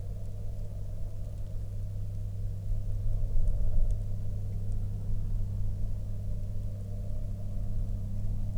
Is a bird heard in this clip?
no